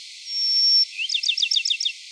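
Bachman's sparrow song: a long, clear, level whistle followed by a rapid series of about six short, paired, sweeping notes, with a faint background hiss.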